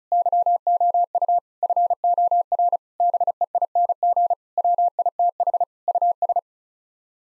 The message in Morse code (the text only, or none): YOU FOR BEING WITH US